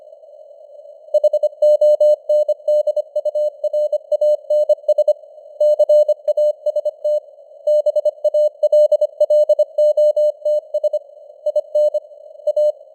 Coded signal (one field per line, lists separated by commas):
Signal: Morse code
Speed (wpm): 25 wpm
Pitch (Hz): 600 Hz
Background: none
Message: HONDURANS CAST BALLOTS IN A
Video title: Morse Code News | 2025-12-01 | 25wpm